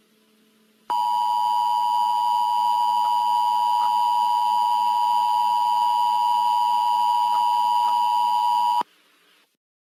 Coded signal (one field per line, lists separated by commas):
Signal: Emergency Alert System (SAME) tones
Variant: 853 and 960 Hz attention tone